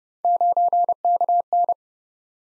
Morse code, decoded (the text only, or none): 9KN